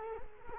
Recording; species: mosquito wingbeat signal from an infrared sensor; Culex quinquefasciatus